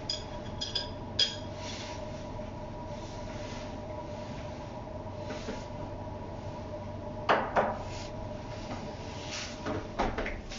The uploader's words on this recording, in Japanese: キッチンでの物音。粕漬けを作るための粕床を作っています。